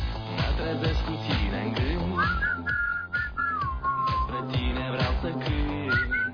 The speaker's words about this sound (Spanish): Todos silbando al unísono.